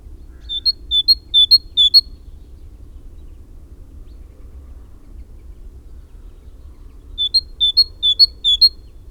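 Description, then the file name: Great tit song: clear, high alternating two-note phrases repeated several times in a burst, then a long pause before another similar burst; low background rumble. "Parus major"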